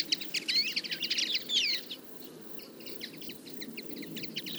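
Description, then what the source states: Common Linnet twittering: a loud burst of quick warbled chirps for two seconds, then softer rapid chatter from the flock continuing. Flock of about fifty feeding in a field, late summer; calls, flights and autumn babbling; recorded for an hour with a single-microphone parabola.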